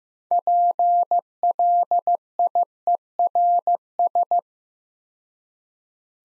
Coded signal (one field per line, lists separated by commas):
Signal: Morse code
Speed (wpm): 15 wpm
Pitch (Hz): 700 Hz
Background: none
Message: PLIERS